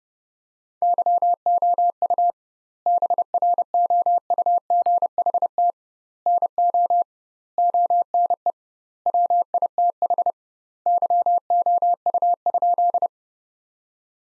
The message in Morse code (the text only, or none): YOU BROUGHT NO ONE WITH YOU?